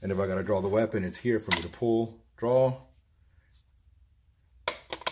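A man talks for about three seconds. A handgun is then pushed back into a polymer Blackhawk Omnivore retention holster mounted on a backpack, and it locks in place with a sharp click at 4.7 s. A few smaller clicks follow within half a second.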